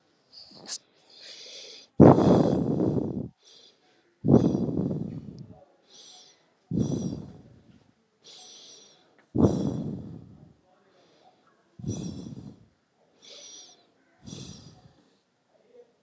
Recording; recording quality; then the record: shallow breathing; excellent, no background noise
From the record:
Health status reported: COVID-19 positive, mild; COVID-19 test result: positive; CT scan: not taken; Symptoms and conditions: cold, fever, fatigue, hypertension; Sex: female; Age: 54 years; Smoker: no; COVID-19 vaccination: both doses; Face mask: not worn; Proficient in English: yes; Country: India